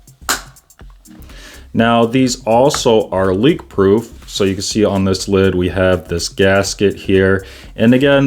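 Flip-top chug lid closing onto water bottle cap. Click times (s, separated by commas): 0.3 s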